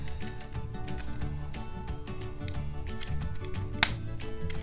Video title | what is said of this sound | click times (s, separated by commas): Transformers 86 Hot Rod Deluxe Class Transformation Video | okay nice snap into place | 3.8 s